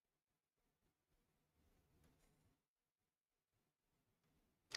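Needle-nose pliers push the crimped terminal of a green wire into a plastic connector housing during an Ender 5 refurbishment, with faint scraping and handling noises as the pin is worked into place. A short, sharp click at 4.8 s marks the terminal seating home in the housing.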